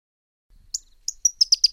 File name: suara-panggilan-burung-pyrrhuloxia-1-omkicau